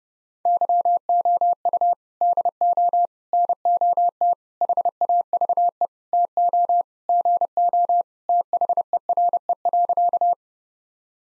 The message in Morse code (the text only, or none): YOU DO NOT HAVE TO GO THERE.